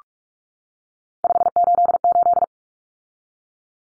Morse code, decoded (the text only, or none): 588